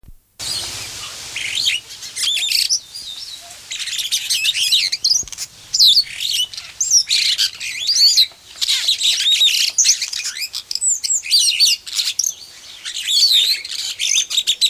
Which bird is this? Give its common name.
Superb Starling